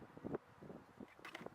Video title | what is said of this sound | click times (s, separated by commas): How to install a in cab air filter in a 2006 Honda Accord. | glove box back up and it'll snap right there where it catches. | 0.4 s, 1.4 s